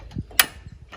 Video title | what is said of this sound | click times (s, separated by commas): Kili to Coast Episode 8 - Mkomazi, Use it or lose it | we're hearing two clicks on the jack i now need to get my wheel spanner | 0.4 s